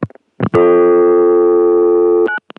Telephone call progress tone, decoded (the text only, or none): dial tone